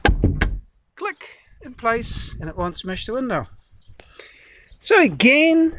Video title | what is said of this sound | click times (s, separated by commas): Handmade Hardwood Camper | circus goes like this click in | 0.1 s, 0.4 s